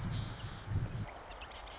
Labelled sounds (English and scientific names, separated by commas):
Marsh Wren (Cistothorus palustris)